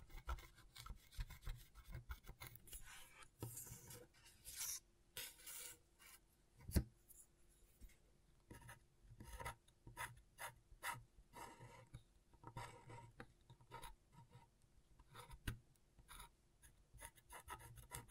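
Scratchboard being worked with short, rough scratching strokes that come in quick, irregular bursts throughout. The scrapes are bright and gritty, with a low steady hum underneath and a sharper, louder stroke just before the seven-second mark.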